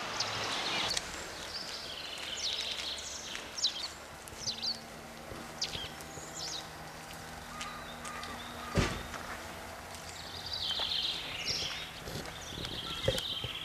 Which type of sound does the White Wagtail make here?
song